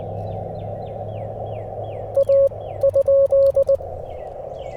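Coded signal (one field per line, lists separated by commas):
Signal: Morse code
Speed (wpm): 19 wpm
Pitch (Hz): 550 Hz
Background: none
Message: A ?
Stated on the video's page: CW Parks on the Air activation with FT-891 and Wolf River Coil antenna.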